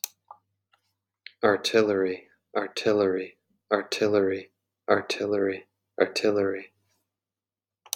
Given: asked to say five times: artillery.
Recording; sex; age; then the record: repeated word; male; 30 to 39 years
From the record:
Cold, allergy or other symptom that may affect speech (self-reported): no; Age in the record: 34 years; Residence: Wisconsin, United States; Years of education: 16